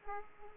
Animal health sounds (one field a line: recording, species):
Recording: mosquito wingbeat signal from an infrared sensor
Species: Aedes aegypti